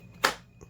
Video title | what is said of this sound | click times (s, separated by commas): Vevor's Updated 3/8" Impact 90-Piece Super Socket Set Review | you can just hear every one of these just snaps in place. | 0.2 s